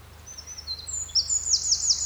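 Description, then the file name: Eurasian wren song: high squeaky notes building into a rapid trill of sharp repeated notes, with a steady low hum underneath. "Troglodytes troglodytes"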